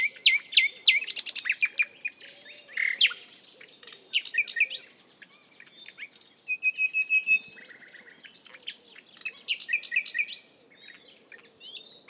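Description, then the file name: Common nightingale song: bursts of rapidly repeated loud notes, a sustained whistle, rich trills and fluty phrases, each burst followed by a short pause. "Luscinia megarhynchos"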